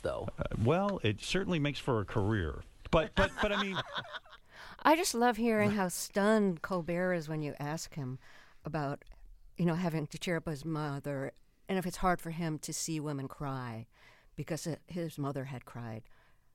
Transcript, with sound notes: Well, it certainly makes for a career. But I mean...
(LAUGHTER)
I just love hearing how stunned Colbert is when you ask him about, you know, having to cheer up his mother, and if it's hard for him to see women cry because his mother had cried